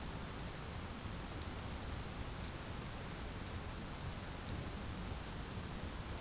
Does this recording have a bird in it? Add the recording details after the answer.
no. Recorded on Arctic tundra, site ZACK-1, on 11 June 2019. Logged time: 01:49